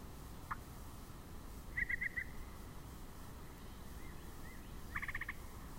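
Yellow-breasted chat: a sharp chip, a brief run of four piping whistles, soft slurred notes, then a quick run of rapid notes, over background hiss.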